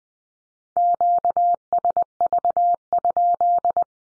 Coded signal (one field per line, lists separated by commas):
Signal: Morse code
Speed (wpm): 19 wpm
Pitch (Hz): 700 Hz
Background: none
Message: QSV?